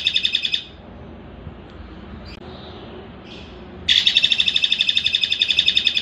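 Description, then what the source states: Streaked spiderhunter song: a brief trailing burst of fast high chatter, a quiet gap with faint soft calls, then a long, rapid, even chattering phrase. Long, clear song from a bird in full voice, used as a master recording for training birds.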